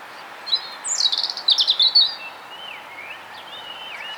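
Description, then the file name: European robin giving a high, thin warbled phrase of quick sliding notes, followed by several separate thin whistles that dip and rise, over steady background hiss. "Erithacus rubecula"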